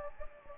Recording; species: mosquito wingbeat signal from an infrared sensor; Anopheles gambiae